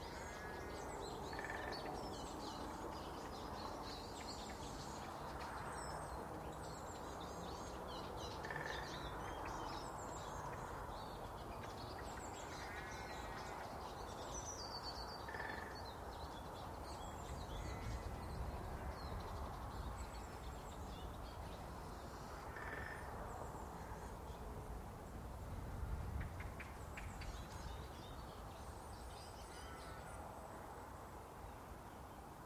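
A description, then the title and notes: Early birdsong along a frozen Welsh canal, with thrushes, siskins and tits chirping and trilling almost without pause. New lambs bleat every several seconds. A steady low rumble runs underneath and swells briefly near the middle and around twenty-six seconds. New lambs and early birds on a frozen Monmouth-Brecon canal in Wales. We take an icy dawn walk along the frozen Mon-Brec canal in Monmouthshire to hear song thrushes, siskins, tits, a great spotted woodpecker and even a brief burst of treecreeper.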